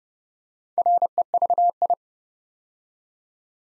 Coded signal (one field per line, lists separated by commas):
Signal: Morse code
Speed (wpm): 28 wpm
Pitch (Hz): 700 Hz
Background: none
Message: REVI